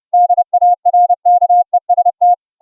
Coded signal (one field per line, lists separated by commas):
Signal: Morse code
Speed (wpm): 31 wpm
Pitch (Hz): 710 Hz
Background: music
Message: DARKEST